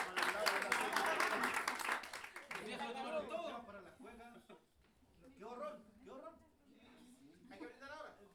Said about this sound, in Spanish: Un aplauso para ellos.